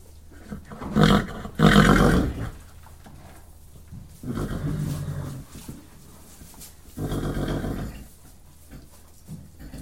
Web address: horse whickering in stables one particularly dominant close perspective